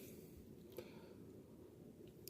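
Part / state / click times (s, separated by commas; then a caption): spring cap onto lock cylinder housing / not seated / none. While rekeying a lock, a metal spring cap is lined up over the pin springs on the lock cylinder housing and pushed down with equal force to snap it into place. Only a low, steady background hiss and two small handling ticks at about 0.8 and 2.3 seconds are heard. The cap fails to snap down, so nothing has seated or clicked yet.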